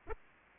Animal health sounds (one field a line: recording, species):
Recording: mosquito wingbeat signal from an infrared sensor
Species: Aedes aegypti